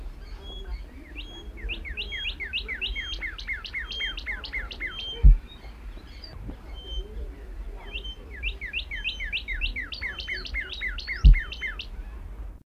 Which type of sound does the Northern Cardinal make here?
song